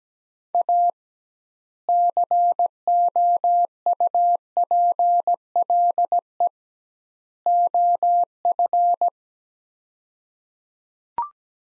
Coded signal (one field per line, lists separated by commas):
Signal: Morse code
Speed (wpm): 17 wpm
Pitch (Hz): 700 Hz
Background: none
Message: A COUPLE OF